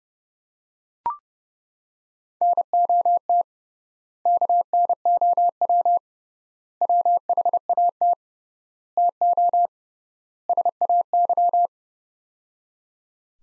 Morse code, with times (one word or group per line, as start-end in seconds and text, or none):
2.4-3.4 NOT
4.3-6.0 KNOW
6.8-8.1 WHAT
9.0-9.7 TO
10.5-11.7 SAY